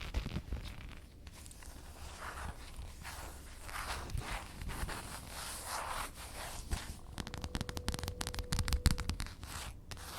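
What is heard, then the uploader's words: Fabric rustles and scratches against a dress in a busy, uneven stream of brushing sounds, rising and falling in waves through the first seven seconds. After that it turns into quicker, choppier scrapes and taps. A brief thin tone lingers faintly near the end. ASMR Dress Scratching & Fabric Sounds Ada Wong Cosplay.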